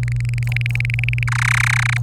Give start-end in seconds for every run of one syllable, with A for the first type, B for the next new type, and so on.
0.03-1.23 A, 1.27-1.97 B